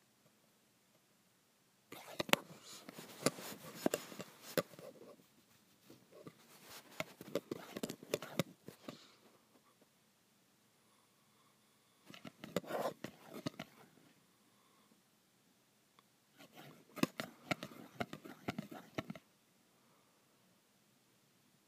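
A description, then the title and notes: A pencil scratches and taps on metal in four separate bursts, near 2–5, 6–9, 12–13.5 and 16.5–19 seconds. Each burst is a dense run of sharp, bright clicks and scrapes. Between the bursts there is near silence with a faint low hum. ASMR Pencil on Metal.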